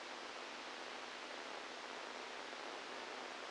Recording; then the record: brain microelectrode recording played as sound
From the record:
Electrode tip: outside the subthalamic nucleus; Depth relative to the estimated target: 3 mm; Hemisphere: right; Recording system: NeuroSet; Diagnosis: Parkinson's disease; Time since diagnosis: 10 years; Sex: male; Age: 63 years